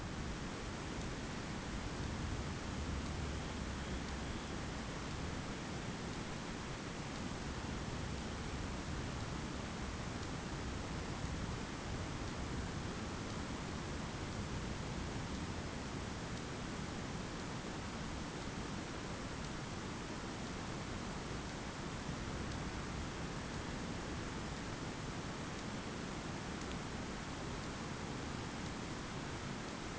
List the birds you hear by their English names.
Dunlin